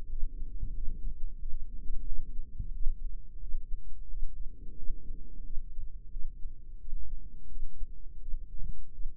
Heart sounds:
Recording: heart sounds by microphone in the right ear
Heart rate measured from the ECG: 88 bpm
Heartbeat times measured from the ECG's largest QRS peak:
0.10 s: heartbeat
0.75 s: heartbeat
1.40 s: heartbeat
2.06 s: heartbeat
2.73 s: heartbeat
3.41 s: heartbeat
4.09 s: heartbeat
4.77 s: heartbeat
5.44 s: heartbeat
6.11 s: heartbeat
6.79 s: heartbeat
7.49 s: heartbeat
8.20 s: heartbeat
8.92 s: heartbeat
From the record:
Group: healthy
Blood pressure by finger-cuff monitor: 107/71 mmHg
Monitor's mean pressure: 87 mmHg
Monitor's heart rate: 89 bpm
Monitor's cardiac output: 5.8 L/min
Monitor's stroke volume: 65 mL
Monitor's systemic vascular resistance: 1090 dyn s/cm5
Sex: female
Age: 51 years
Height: 162 cm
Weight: 70.04 kg

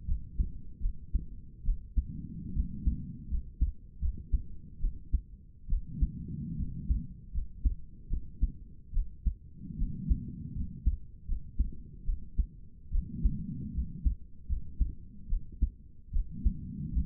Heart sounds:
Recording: heart sounds by stethoscope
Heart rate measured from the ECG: 75 bpm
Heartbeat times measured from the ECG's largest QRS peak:
0.07 s: heartbeat
0.82 s: heartbeat
1.65 s: heartbeat
2.55 s: heartbeat
3.30 s: heartbeat
4.01 s: heartbeat
4.80 s: heartbeat
5.69 s: heartbeat
6.58 s: heartbeat
7.33 s: heartbeat
8.09 s: heartbeat
8.93 s: heartbeat
9.78 s: heartbeat
10.55 s: heartbeat
11.27 s: heartbeat
12.05 s: heartbeat
12.91 s: heartbeat
13.73 s: heartbeat
14.48 s: heartbeat
15.29 s: heartbeat
16.13 s: heartbeat
16.92 s: heartbeat
From the record:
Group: healthy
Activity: rest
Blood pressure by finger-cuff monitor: 82/54 mmHg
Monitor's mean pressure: 65 mmHg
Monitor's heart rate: 77 bpm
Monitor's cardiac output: 6 L/min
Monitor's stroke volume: 80 mL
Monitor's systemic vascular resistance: 760 dyn s/cm5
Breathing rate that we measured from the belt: 17 breaths a minute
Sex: female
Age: 22 years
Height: 163 cm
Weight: 67.1 kg

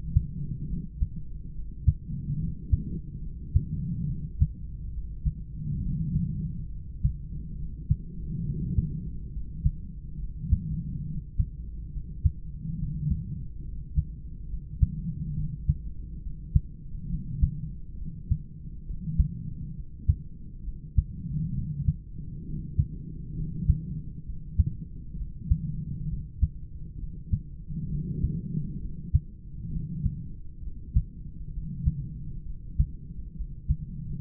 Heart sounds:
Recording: heart sounds by stethoscope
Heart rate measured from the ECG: 68 bpm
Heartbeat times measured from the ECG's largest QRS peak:
0.65 s: heartbeat
1.50 s: heartbeat
2.35 s: heartbeat
3.19 s: heartbeat
4.04 s: heartbeat
4.90 s: heartbeat
5.78 s: heartbeat
6.68 s: heartbeat
7.54 s: heartbeat
8.42 s: heartbeat
9.29 s: heartbeat
10.15 s: heartbeat
11.02 s: heartbeat
11.88 s: heartbeat
12.74 s: heartbeat
13.60 s: heartbeat
14.45 s: heartbeat
15.31 s: heartbeat
16.18 s: heartbeat
17.05 s: heartbeat
17.94 s: heartbeat
18.82 s: heartbeat
19.71 s: heartbeat
20.60 s: heartbeat
21.50 s: heartbeat
22.41 s: heartbeat
23.32 s: heartbeat
24.21 s: heartbeat
25.13 s: heartbeat
26.05 s: heartbeat
26.95 s: heartbeat
27.86 s: heartbeat
28.77 s: heartbeat
29.68 s: heartbeat
30.59 s: heartbeat
31.49 s: heartbeat
32.42 s: heartbeat
33.32 s: heartbeat
From the record:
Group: heart failure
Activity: rest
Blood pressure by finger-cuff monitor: 109/69 mmHg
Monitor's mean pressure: 85 mmHg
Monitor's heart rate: 69 bpm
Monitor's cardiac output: 4.3 L/min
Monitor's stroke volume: 62 mL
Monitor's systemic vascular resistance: 1450 dyn s/cm5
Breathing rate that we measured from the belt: 27 breaths a minute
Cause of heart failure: idiopathic cardiomyopathy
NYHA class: 2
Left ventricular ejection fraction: 17%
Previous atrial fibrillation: present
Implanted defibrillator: present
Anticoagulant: edoxaban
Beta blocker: bisoprolol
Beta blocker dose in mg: 7.5 twice daily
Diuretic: furosemide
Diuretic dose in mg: 20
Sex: male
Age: 63 years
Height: 160 cm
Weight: 69 kg

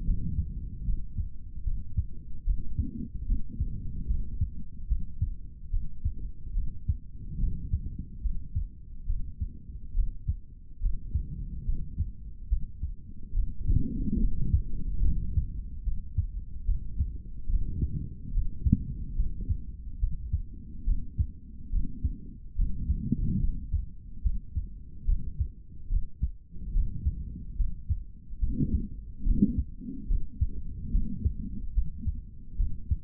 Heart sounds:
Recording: heart sounds by stethoscope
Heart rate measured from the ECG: 72 bpm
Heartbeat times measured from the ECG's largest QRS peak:
0.05 s: heartbeat
0.85 s: heartbeat
1.64 s: heartbeat
2.44 s: heartbeat
3.26 s: heartbeat
4.07 s: heartbeat
4.88 s: heartbeat
5.71 s: heartbeat
6.54 s: heartbeat
7.38 s: heartbeat
8.22 s: heartbeat
9.06 s: heartbeat
9.94 s: heartbeat
10.80 s: heartbeat
11.66 s: heartbeat
12.49 s: heartbeat
13.34 s: heartbeat
14.19 s: heartbeat
15.03 s: heartbeat
15.84 s: heartbeat
16.65 s: heartbeat
17.48 s: heartbeat
18.32 s: heartbeat
19.16 s: heartbeat
20.00 s: heartbeat
20.85 s: heartbeat
21.70 s: heartbeat
22.56 s: heartbeat
23.40 s: heartbeat
24.22 s: heartbeat
25.05 s: heartbeat
25.89 s: heartbeat
26.73 s: heartbeat
27.57 s: heartbeat
28.39 s: heartbeat
29.23 s: heartbeat
30.07 s: heartbeat
30.91 s: heartbeat
31.74 s: heartbeat
32.57 s: heartbeat
From the record:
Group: healthy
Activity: rest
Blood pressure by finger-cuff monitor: 114/91 mmHg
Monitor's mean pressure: 101 mmHg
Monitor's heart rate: 71 bpm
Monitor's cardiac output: 3.3 L/min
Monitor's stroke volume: 46 mL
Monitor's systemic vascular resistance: 2260 dyn s/cm5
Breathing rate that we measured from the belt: 16 breaths a minute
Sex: male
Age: 55 years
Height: 167 cm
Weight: 57.2 kg

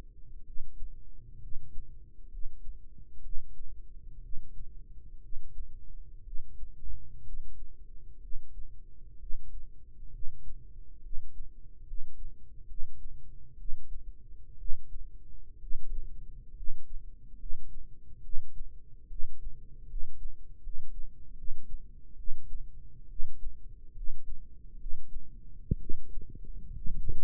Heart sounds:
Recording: heart sounds by microphone in the right ear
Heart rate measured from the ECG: 66 bpm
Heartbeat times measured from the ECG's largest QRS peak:
0.43 s: heartbeat
1.38 s: heartbeat
2.28 s: heartbeat
3.20 s: heartbeat
4.19 s: heartbeat
5.19 s: heartbeat
6.21 s: heartbeat
7.21 s: heartbeat
8.18 s: heartbeat
9.16 s: heartbeat
10.09 s: heartbeat
10.99 s: heartbeat
11.82 s: heartbeat
12.64 s: heartbeat
13.54 s: heartbeat
14.55 s: heartbeat
15.57 s: heartbeat
16.51 s: heartbeat
17.34 s: heartbeat
18.19 s: heartbeat
19.05 s: heartbeat
19.84 s: heartbeat
20.58 s: heartbeat
21.33 s: heartbeat
22.14 s: heartbeat
23.05 s: heartbeat
23.91 s: heartbeat
24.75 s: heartbeat
25.76 s: heartbeat
26.71 s: heartbeat
From the record:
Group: healthy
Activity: rest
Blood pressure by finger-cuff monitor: 107/58 mmHg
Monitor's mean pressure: 71 mmHg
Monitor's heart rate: 65 bpm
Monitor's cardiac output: 7.6 L/min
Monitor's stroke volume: 113 mL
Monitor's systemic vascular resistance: 660 dyn s/cm5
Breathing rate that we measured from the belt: 15 breaths a minute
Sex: male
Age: 22 years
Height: 185 cm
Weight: 112.4 kg

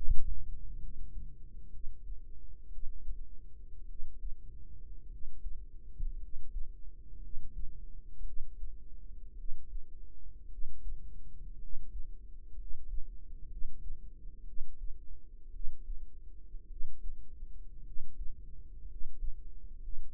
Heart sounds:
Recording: heart sounds by microphone in the right ear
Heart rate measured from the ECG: 57 bpm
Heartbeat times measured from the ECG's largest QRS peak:
0.78 s: heartbeat
1.69 s: heartbeat
2.68 s: heartbeat
3.85 s: heartbeat
5.06 s: heartbeat
6.17 s: heartbeat
7.18 s: heartbeat
8.22 s: heartbeat
9.34 s: heartbeat
10.47 s: heartbeat
11.56 s: heartbeat
12.54 s: heartbeat
13.46 s: heartbeat
14.43 s: heartbeat
15.50 s: heartbeat
16.66 s: heartbeat
17.81 s: heartbeat
18.84 s: heartbeat
19.77 s: heartbeat
From the record:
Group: healthy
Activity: rest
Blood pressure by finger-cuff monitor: 111/60 mmHg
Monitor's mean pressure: 74 mmHg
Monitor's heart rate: 58 bpm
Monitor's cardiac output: 5.1 L/min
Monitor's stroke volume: 88 mL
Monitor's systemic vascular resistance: 1040 dyn s/cm5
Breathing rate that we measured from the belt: 9 breaths a minute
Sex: male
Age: 25 years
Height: 170 cm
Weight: 70.4 kg

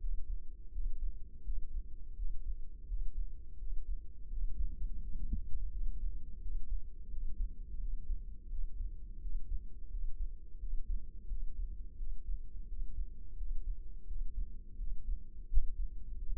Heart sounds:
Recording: heart sounds by microphone in the left ear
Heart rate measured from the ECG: 85 bpm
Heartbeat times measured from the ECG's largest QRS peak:
0.02 s: heartbeat
0.74 s: heartbeat
1.46 s: heartbeat
2.18 s: heartbeat
2.90 s: heartbeat
3.60 s: heartbeat
4.32 s: heartbeat
5.03 s: heartbeat
5.74 s: heartbeat
6.43 s: heartbeat
7.11 s: heartbeat
7.81 s: heartbeat
8.51 s: heartbeat
9.23 s: heartbeat
9.92 s: heartbeat
10.61 s: heartbeat
11.30 s: heartbeat
12.00 s: heartbeat
12.70 s: heartbeat
13.39 s: heartbeat
14.09 s: heartbeat
14.80 s: heartbeat
15.50 s: heartbeat
16.20 s: heartbeat
From the record:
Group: healthy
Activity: rest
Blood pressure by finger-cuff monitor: 140/89 mmHg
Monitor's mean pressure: 106 mmHg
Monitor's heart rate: 85 bpm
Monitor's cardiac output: 7 L/min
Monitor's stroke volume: 82 mL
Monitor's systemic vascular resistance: 1130 dyn s/cm5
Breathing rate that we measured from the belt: 18 breaths a minute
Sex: male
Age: 21 years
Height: 175 cm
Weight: 72.6 kg

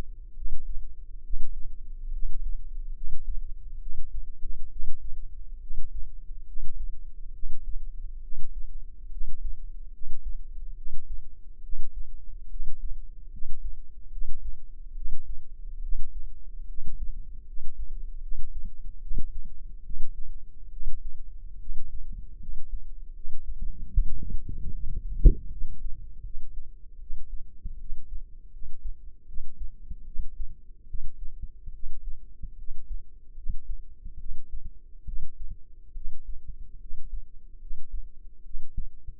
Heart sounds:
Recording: heart sounds by microphone in the left ear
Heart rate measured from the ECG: 72 bpm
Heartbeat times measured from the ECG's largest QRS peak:
0.33 s: heartbeat
1.21 s: heartbeat
2.11 s: heartbeat
2.93 s: heartbeat
3.78 s: heartbeat
4.68 s: heartbeat
5.59 s: heartbeat
6.45 s: heartbeat
7.32 s: heartbeat
8.20 s: heartbeat
9.09 s: heartbeat
9.91 s: heartbeat
10.74 s: heartbeat
11.61 s: heartbeat
12.48 s: heartbeat
13.29 s: heartbeat
14.09 s: heartbeat
14.93 s: heartbeat
15.80 s: heartbeat
16.66 s: heartbeat
17.44 s: heartbeat
18.20 s: heartbeat
18.99 s: heartbeat
19.82 s: heartbeat
20.69 s: heartbeat
21.57 s: heartbeat
22.38 s: heartbeat
23.12 s: heartbeat
23.91 s: heartbeat
24.72 s: heartbeat
25.50 s: heartbeat
26.22 s: heartbeat
26.98 s: heartbeat
27.78 s: heartbeat
28.51 s: heartbeat
29.26 s: heartbeat
30.04 s: heartbeat
30.86 s: heartbeat
31.72 s: heartbeat
32.56 s: heartbeat
33.34 s: heartbeat
34.17 s: heartbeat
35.04 s: heartbeat
35.93 s: heartbeat
36.78 s: heartbeat
37.59 s: heartbeat
38.42 s: heartbeat
From the record:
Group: healthy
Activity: rest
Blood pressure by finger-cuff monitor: 113/75 mmHg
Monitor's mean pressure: 87 mmHg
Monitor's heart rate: 72 bpm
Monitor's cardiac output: 5.6 L/min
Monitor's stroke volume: 78 mL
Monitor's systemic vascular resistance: 1130 dyn s/cm5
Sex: female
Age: 22 years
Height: 160 cm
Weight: 45 kg

